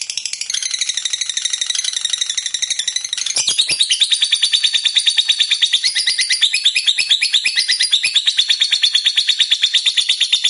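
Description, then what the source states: Lovebird chattering song, high and buzzy, in fast pulses that continue without a break, growing louder after a sharp click partway through. Fighter-type lovebird described as gacor, meaning in full, frequent song.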